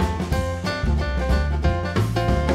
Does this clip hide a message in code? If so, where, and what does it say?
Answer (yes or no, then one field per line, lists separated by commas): no